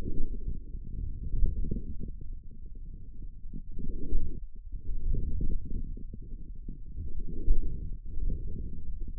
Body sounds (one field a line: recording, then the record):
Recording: forearm muscle sounds (acoustic myography)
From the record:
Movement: forearm supination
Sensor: system 1, eight BSWA MPA416 microphones around the upper forearm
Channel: 5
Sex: male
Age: 41 years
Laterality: right